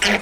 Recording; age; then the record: pig call; piglet (1 to 25 days)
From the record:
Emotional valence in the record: negative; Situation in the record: crushing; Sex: female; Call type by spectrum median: low-frequency call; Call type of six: low-frequency tonal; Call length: 0.22 s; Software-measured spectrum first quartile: 883 Hz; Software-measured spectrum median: 1972 Hz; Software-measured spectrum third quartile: 3128 Hz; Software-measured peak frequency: 2243 Hz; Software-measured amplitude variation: 110 dB a second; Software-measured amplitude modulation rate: 16.1 a second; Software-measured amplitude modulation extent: 6.8 dB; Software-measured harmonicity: 0.5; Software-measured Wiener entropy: -0.96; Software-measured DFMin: 787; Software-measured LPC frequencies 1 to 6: 626, 1786, 2194, 2959, 4365, 5132 Hz